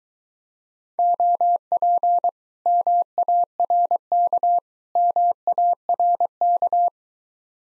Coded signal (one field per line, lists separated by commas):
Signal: Morse code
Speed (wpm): 23 wpm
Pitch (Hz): 700 Hz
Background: none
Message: OP MARK MARK